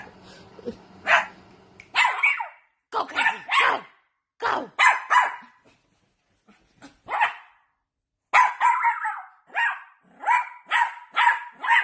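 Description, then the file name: Dog yapping fast in runs of barks, with a quiet pause midway. Cute dog barking. "Tieng cho sua de thuong dang yeu"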